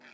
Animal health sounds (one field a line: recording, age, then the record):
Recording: pig call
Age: piglet (1 to 25 days)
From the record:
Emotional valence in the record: positive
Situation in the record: short reunion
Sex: male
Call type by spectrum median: low-frequency call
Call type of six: low-frequency tonal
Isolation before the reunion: 3 minutes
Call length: 0.14 s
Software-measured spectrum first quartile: 1035 Hz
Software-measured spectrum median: 1778 Hz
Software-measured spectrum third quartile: 2634 Hz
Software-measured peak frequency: 1754 Hz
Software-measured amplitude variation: 84 dB a second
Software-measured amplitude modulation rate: 14.7 a second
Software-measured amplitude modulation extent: 5.7 dB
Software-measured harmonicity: -0.2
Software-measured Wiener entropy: -0.60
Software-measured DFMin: 689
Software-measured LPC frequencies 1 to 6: 734, 1676, 2407, 3311, 4206, 4820 Hz